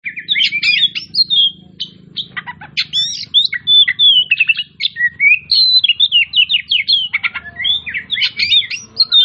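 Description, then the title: Oriental magpie-robin singing continuously, a rich stream of sweet whistles, sharp chips and twisting slurred notes, with a soft low background hum throughout. Magpie-robin of the 'Tretes' type, described as 'gacor', meaning singing vigorously and nonstop. "Kacer Tretes Gacor"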